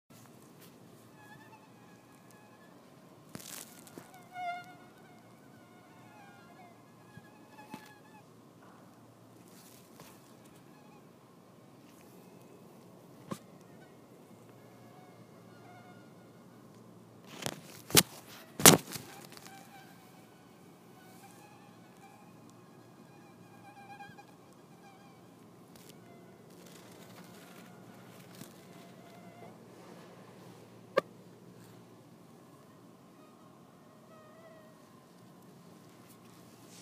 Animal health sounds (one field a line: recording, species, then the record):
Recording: mosquito flight sound by mobile phone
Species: Anopheles farauti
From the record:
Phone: iPhone 6